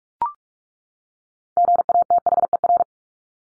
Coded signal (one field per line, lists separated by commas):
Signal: Morse code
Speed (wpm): 44 wpm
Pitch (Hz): 700 Hz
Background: none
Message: GATHER